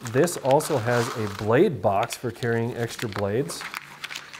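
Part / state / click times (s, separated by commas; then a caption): lid of spare-blade storage box on knife sheath / released / 4.0 s. Someone talks while opening the small plastic spare-blade carrying box on an Outdoor Edge replaceable-blade hunting knife sheath. A sharp snap at 4.1 s is the lid releasing, and it pops open, followed by light clicking and rustling.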